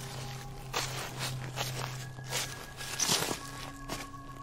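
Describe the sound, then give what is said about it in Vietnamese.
Crunchy footsteps on dry leaves walking around a house, just beyond its wall, several uneven steps with brittle crackling bursts over a low steady hum, no voices. “Cho đến khi những âm thanh ấy im bặt, chỉ còn lại những tiếng chân đi sột soạt dẫm lên lá khô đang đi xung quanh nhà.”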